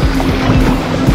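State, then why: Not seated. An interchangeable fishing lure head is slid straight back down onto the lure body and skirt assembly by hand. A steady low hum with a constant tone runs throughout at an even level, with no sharp transients. Nothing has seated or clicked yet.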